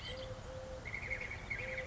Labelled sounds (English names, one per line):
Eurasian Collared Dove